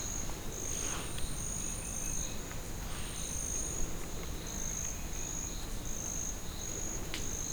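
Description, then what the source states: Crickets give a steady high-pitched trill in pulsing bursts, with a few sharp clicks. Crickets in ambience at Anavilhanas National Park, Novo Airão, Amazonas, Brazil.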